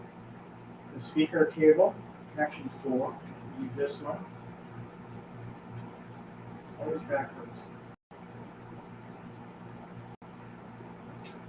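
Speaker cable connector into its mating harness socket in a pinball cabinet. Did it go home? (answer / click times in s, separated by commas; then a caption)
yes / 11.3 s. A plastic wire-harness plug for the speaker cable on a virtual pinball cabinet is pushed into its mating harness socket while someone talks. It clicks in at 11.3 s, and the connection is then confirmed as done, with the connector seated.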